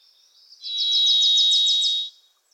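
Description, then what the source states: Varied thrush song, one sustained buzzy whistle about one and a half seconds long, overlapped by a rapid series of chattering notes from another small bird. Wild bird in Pacific Northwest forest; its voice is likened to crying "Listen. Listen."; a Wilson's Warbler sings alongside.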